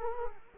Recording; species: mosquito wingbeat signal from an infrared sensor; Culex quinquefasciatus